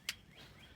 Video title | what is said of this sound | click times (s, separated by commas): Rebuilding the WRX, vol. 5 JDM swapped ej205, will it start? | That clicks in place. | 0.1 s